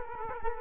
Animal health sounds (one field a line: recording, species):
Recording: mosquito wingbeat signal from an infrared sensor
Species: Culex quinquefasciatus